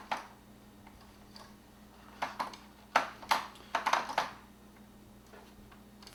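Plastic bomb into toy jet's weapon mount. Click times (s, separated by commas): 3.0 s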